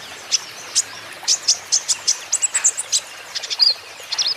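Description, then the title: Van Hasselt's sunbird song: a series of sharp, high chirps, with a short buzzy note near the end. Green-plumaged (ijoan) kolibri ninja (konin) in constant 'gacor' song, used as a lure and therapy for untrained konin, which are sure to answer. "KOLIBRI NINJA KONIN IJOAN GACOR COCOK UNTUK PANCINGAN TERAPI KONIN BAHAN PASTI NYAUT"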